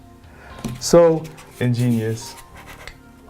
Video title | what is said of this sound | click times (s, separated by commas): Kramm Lox 02 09 2014 | the lock snaps into place | 0.7 s